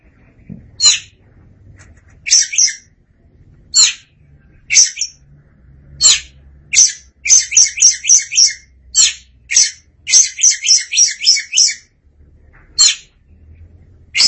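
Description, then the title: Oriental magpie-robin giving sharp notes, some single and some in rapid runs of several, spread throughout. "Suara Kicauan Burung Kacer Durasi Panjang"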